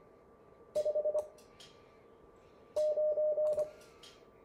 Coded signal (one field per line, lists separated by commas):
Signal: Morse code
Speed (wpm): 25 wpm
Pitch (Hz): 610 Hz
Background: none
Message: 59